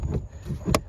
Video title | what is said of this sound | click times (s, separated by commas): How to Change Cabin Air Filter on 2014-2022 Jeep Cherokee | they're going to snap into place | 0.8 s